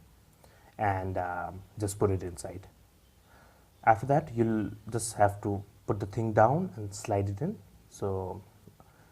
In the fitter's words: you go you can hear a click there and that does it